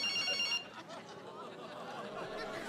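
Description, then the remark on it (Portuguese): A mobile phone rings with a bright, high electronic tone for about half a second, then cuts off, leaving murmuring voices and a bit of soft laughter. “Ok, ampliaram a rede. Não vais atender?”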